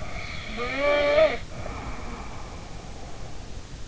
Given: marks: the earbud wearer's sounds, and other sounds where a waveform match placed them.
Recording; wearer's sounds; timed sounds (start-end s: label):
sounds in sleep by an in-ear microphone; snoring breath
0.12-3.57 s: snoring breath